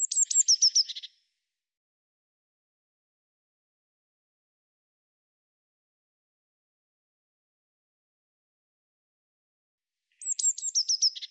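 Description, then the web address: Eurasian blue tit calling, a short burst of high, descending thin notes running into a buzzy trill, heard twice about ten seconds apart with silence between. "Deverinetal"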